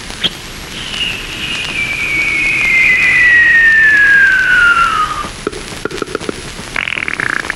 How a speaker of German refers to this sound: auf einmal höre ich das große Gala-Monster Elite-Parade-Jubel-Highlight-Spezial-Festtagsprogramm Feuerwerk im Lunapark. Man sieht und hört das Aufsteigen einer Rakete.